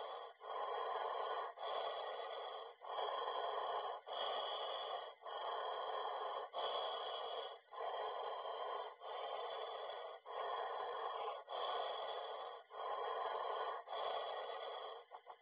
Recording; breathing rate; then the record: paced breathing near a phone; 24 breaths a minute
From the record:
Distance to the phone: 20 cm